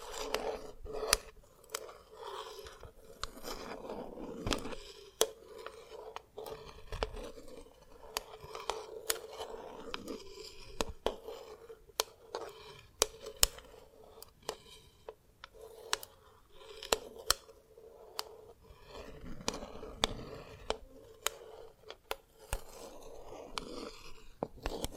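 Dalgona candy being tapped and cracked, with sharp clicks and snaps landing every second or so across the whole stretch, some in quick pairs. Between them runs a soft scraping and rustling, and a low steady hum sits underneath throughout.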